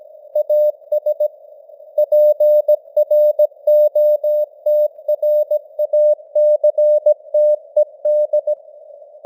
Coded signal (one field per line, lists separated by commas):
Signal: Morse code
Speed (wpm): 17 wpm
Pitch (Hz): 600 Hz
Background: none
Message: AS PROTRACTED